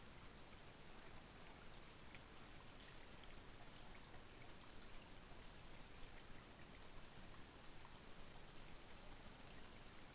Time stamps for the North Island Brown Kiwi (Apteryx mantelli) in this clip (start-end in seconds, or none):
none